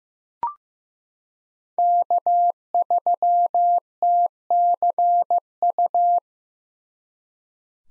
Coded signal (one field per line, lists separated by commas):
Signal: Morse code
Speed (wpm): 15 wpm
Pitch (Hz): 700 Hz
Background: none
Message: K3TCU